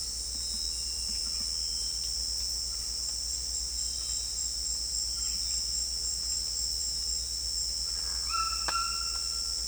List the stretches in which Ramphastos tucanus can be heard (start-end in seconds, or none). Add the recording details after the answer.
8.23-9.56. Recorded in dense forest near Puerto Asís, Putumayo, Colombia, on 21 December 2024 at 18:00. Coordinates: 0.486, -76.317. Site G003